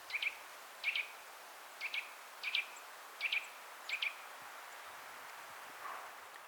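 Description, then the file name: Eurasian nuthatch calls: clear doubled, piping notes repeated roughly every three-quarters of a second, then stopping, leaving quiet background hiss. "Sitta europaea"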